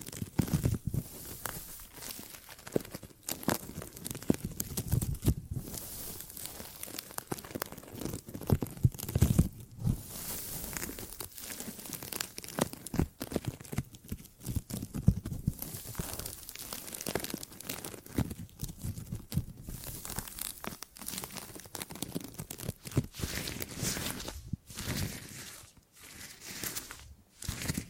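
Gripping and grabbing sounds: dense, irregular rustling and crinkling with frequent sharp tearing bursts and brief pauses throughout, steady in level.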